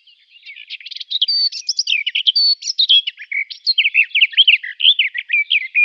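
Garden warbler song: an unbroken, hurried warble mixing rich fluty notes with scratchy chatter, steady in pace from start to finish.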